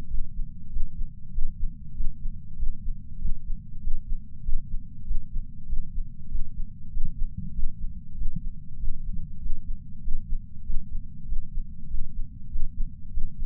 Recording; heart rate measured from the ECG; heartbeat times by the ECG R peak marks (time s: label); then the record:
heart sounds by patch sensor on the chest; 97 bpm
0.07 s: heartbeat
0.69 s: heartbeat
1.31 s: heartbeat
1.93 s: heartbeat
2.56 s: heartbeat
3.18 s: heartbeat
3.80 s: heartbeat
4.42 s: heartbeat
5.04 s: heartbeat
5.66 s: heartbeat
6.28 s: heartbeat
6.90 s: heartbeat
7.52 s: heartbeat
8.14 s: heartbeat
8.76 s: heartbeat
9.39 s: heartbeat
10.01 s: heartbeat
10.63 s: heartbeat
11.25 s: heartbeat
11.87 s: heartbeat
12.48 s: heartbeat
13.10 s: heartbeat
From the record:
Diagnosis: coronary artery disease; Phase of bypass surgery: preoperative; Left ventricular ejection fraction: 69.2%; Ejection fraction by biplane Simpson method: 67.6%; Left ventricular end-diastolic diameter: 44 mm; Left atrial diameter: 34 mm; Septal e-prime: 8.5 cm/s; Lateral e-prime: 9.7 cm/s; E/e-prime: 11.5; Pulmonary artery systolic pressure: 27 mmHg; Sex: male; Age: 74 years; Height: 168 cm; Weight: 55 kg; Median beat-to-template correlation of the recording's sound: 0.94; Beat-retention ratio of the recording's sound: 0.99